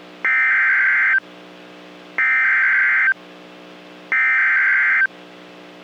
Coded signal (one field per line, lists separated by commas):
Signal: Emergency Alert System (SAME) tones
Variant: header bursts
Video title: Severe Weather Outbreak! - EAS Alert Compilation from 3/2/2023 (PDS SVRs, Triple-Headers and More)